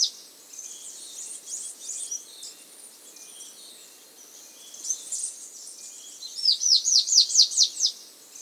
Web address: Natures Songs S America Andean Birds. Russet Antshrike (Thamnistes Anabatinus)